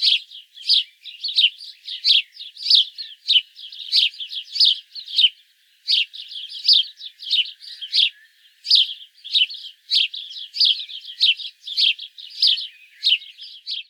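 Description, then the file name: House sparrow chirps repeated rapidly and continuously, with a brief pause partway through. "Passer domesticus"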